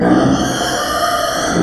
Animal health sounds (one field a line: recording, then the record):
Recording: squeal of a Yucatan mini pig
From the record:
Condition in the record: before surgery on the right vocal fold (resection and tissue-engineered implant)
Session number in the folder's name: 3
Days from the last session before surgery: 0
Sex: female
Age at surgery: 19 weeks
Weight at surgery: 25 kg